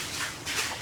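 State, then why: Not seated. The plastic cap of a Mansfield 2206 toilet fill valve, during a seal replacement, is lined up with its slots and pressed down onto the fill valve body with channel-lock pliers. Soft broadband handling rustles swell around 0.2 s and again from about 0.5 to 0.6 s. Nothing has seated or clicked yet.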